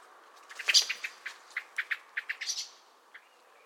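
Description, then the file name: Common blackbird calls: a rapid series of short sharp chinking notes, about a dozen, ending with a brief higher note and one faint final note. "Turdus merula"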